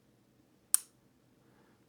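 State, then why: Seated. The door of a rear-loading cage is closed over the action camera, and its latch clicks shut with one sharp, bright click at 0.7 seconds against a quiet low hum. The click shows the camera is secure in the cage.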